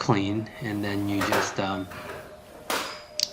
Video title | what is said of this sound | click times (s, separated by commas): DIY Garage Work Bench Conversion to LED Lighting | snap the lens in. | 3.2 s